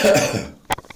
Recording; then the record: coughing mixed with background sound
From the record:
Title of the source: Spring Cold Coughing 3